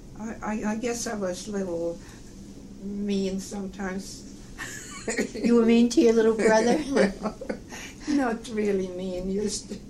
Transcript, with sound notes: I - I - I guess I was little mean sometimes (laughs)
You were mean to your little brother?
Not really mean, just